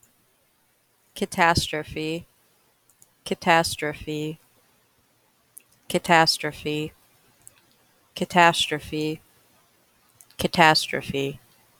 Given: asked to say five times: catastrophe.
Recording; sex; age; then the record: repeated word; female; 20 to 29 years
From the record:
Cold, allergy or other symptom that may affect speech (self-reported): no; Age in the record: 27 years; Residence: Ohio, United States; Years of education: 13